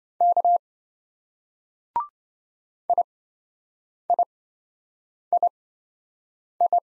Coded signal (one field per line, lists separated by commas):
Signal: Morse code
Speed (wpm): 26 wpm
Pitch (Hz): 700 Hz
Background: none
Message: K IIII